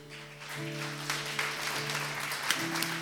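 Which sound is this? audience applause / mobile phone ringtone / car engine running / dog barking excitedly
audience applause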